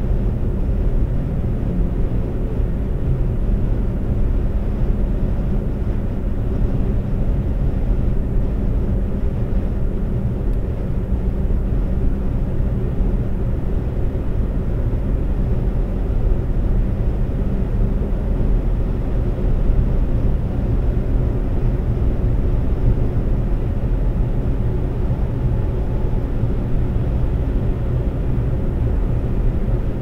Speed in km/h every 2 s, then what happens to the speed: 132, 135, 135, 134, 134, 134, 134, 134, 132, 132, 132, 132, 134, 134, 134.
0-30 steady at about 134.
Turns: none.